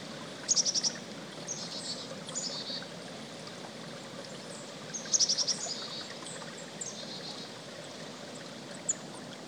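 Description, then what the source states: Chickadee calling twice: sharp high notes then buzzy dee notes, with fainter calls between, over a continuous babbling stream. Recorded beside a creek.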